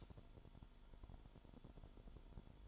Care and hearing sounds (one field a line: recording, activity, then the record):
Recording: daily activity, microphone in the room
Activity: light on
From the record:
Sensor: 5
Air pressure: 1008.0 hPa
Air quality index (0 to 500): 101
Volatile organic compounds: 1 ppm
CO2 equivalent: 791 ppm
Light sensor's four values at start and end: 31/71/29/28 and 31/73/29/29